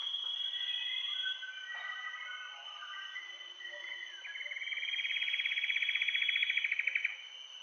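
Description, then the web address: Common paradise kingfisher's rising then steady rapid trill in the second half, after varied softer whistles and a continuous high-pitched hum. Recorded in Indonesia. "ULM-DS-Lab indonesian-bird-sounds. Tanysiptera galatea"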